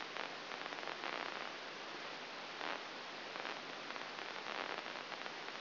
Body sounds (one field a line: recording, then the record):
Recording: brain microelectrode recording played as sound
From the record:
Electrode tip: inside the subthalamic nucleus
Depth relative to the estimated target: -3.5 mm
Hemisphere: right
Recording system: AlphaMap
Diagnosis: Parkinson's disease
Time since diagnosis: 11 years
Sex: female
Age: 60 years